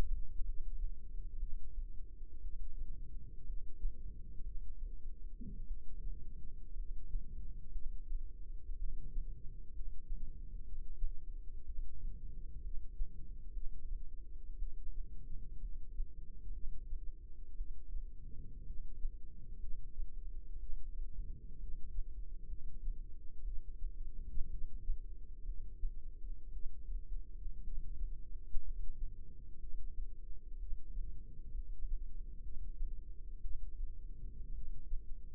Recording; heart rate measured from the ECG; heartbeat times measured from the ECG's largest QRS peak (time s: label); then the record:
heart sounds by microphone in the left ear; 60 bpm
0.44 s: heartbeat
1.38 s: heartbeat
2.40 s: heartbeat
3.44 s: heartbeat
4.42 s: heartbeat
5.66 s: heartbeat
6.74 s: heartbeat
7.71 s: heartbeat
8.77 s: heartbeat
9.72 s: heartbeat
10.63 s: heartbeat
11.64 s: heartbeat
12.61 s: heartbeat
13.52 s: heartbeat
14.57 s: heartbeat
15.60 s: heartbeat
16.52 s: heartbeat
17.56 s: heartbeat
18.65 s: heartbeat
19.58 s: heartbeat
20.58 s: heartbeat
21.58 s: heartbeat
22.47 s: heartbeat
23.43 s: heartbeat
24.49 s: heartbeat
25.44 s: heartbeat
26.51 s: heartbeat
27.62 s: heartbeat
28.62 s: heartbeat
29.58 s: heartbeat
30.58 s: heartbeat
31.53 s: heartbeat
32.41 s: heartbeat
33.40 s: heartbeat
34.53 s: heartbeat
From the record:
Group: healthy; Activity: rest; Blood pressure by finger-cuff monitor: 96/67 mmHg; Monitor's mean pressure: 75 mmHg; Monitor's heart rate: 61 bpm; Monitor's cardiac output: 4.4 L/min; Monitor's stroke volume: 73 mL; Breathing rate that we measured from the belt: 19 breaths a minute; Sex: female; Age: 36 years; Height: 163 cm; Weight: 88 kg